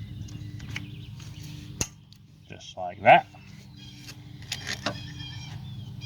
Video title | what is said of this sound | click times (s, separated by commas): How To Change A Alternator On A LT1 Engine | plug up make sure it clicks just like | 1.8 s